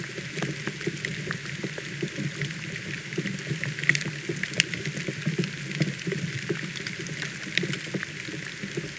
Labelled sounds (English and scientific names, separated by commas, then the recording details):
none
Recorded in pastures near Puerto Asís, Putumayo, Colombia, on 27 June 2025 at 07:30
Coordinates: 0.486, -76.323
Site H29